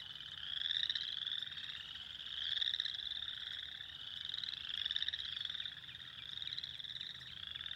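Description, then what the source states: Spring peeper chorus: shrill rising peeps from many frogs overlapping continuously, loudness pulsing up and down every couple of seconds. Recorded 2021-04-06.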